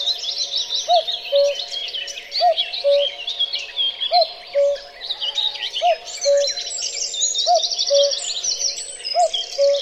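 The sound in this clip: Cuckoo calling its two-note cu-ckoo, a higher note then a lower one, repeated several times over a busy chorus of songbirds.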